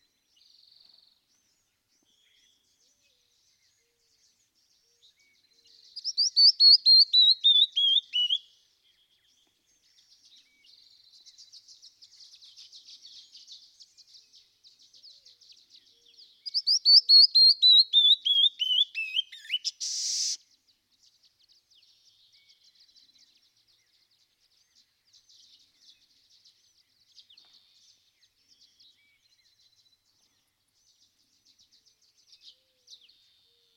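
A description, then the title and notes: A canyon wren sings two full songs, near 6 and 16 seconds, each a bright cascade of rapid clear notes sliding steadily downward in pitch. Between songs, softer high ticking and chattering calls continue, with a brief sharp burst just after 20 seconds. Canyon Wren.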